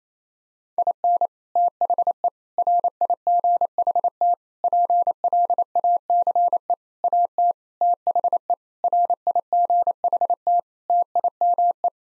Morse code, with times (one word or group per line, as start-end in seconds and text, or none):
0.8-1.3 IN
1.6-2.3 THE
2.6-4.3 RIGHT
4.6-6.7 PLACE
7.0-7.5 AT
7.8-8.5 THE
8.8-10.6 RIGHT
10.9-11.9 TIME